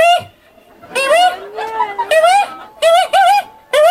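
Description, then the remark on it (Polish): A person mimics a female tawny owl in a bird-call imitation contest, with a string of shrill, wavering, nasal calls, about five loud bursts separated by short pauses, with no other voices. “Będę samicą puszczyka.”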